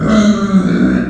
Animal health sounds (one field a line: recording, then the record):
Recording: squeal of a Yucatan mini pig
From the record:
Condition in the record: after surgery on the right vocal fold (resection and tissue-engineered implant)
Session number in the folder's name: 6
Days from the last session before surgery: 40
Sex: female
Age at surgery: 19 weeks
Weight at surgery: 25 kg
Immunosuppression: prednisolone